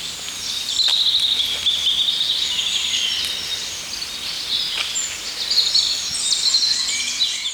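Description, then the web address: Birds singing together in a dense, high chorus of trills and chirps that rises and falls without pause. Birds singing in a forest. "songs Wald Voegel"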